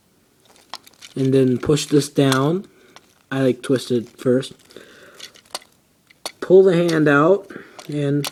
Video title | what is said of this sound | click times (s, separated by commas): Transformers Prime RID Ratchet | pull that out until it clicks | 0.7 s